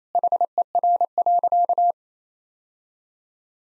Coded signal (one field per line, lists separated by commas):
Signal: Morse code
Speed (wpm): 28 wpm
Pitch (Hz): 700 Hz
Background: none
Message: HER.